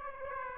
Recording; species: mosquito wingbeat signal from an infrared sensor; Aedes aegypti